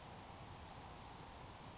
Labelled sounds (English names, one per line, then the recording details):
Grasshopper Sparrow
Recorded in Sonoma County, California